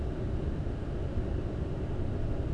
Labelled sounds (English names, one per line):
none